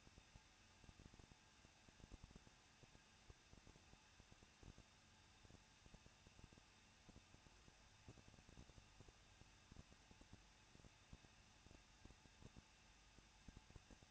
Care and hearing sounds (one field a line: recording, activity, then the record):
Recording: daily activity, microphone in the room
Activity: no activity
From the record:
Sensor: 2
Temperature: 21.0 degrees Celsius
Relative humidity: 37.3%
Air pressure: 1006.4 hPa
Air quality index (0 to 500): 220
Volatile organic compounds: 23 ppm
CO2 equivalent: 2777 ppm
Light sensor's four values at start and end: 2/3/2/2 and 2/3/2/2